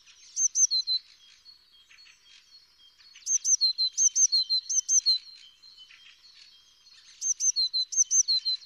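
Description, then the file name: Eurasian blue tit singing three bursts of high, thin notes, each dropping to lower tinkling notes, spaced about three to four seconds apart. "Cyanistes caeruleus"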